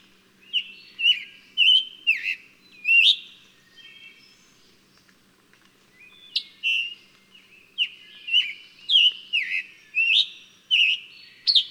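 Bird song, a run of bright chirped whistles in quick bursts, a pause of a few seconds, then another fast series of sliding notes.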